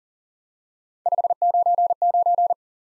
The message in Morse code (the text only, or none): 599